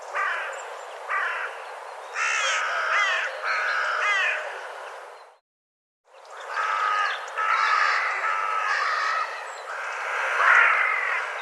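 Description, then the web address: Bird giving harsh calls with sharp notes, with a short silence midway. "cianscape birddata"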